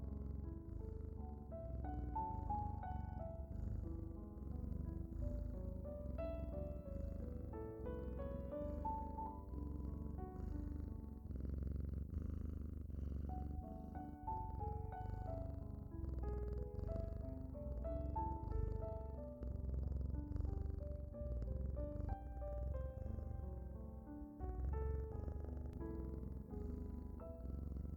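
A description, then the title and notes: A cat purrs in a steady low rumble under gentle, slow-moving music with soft melodic notes, the level even throughout the clip. Cat purring and calming music.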